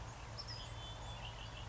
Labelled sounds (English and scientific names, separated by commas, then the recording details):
Red-winged Blackbird (Agelaius phoeniceus)
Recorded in Sonoma County, California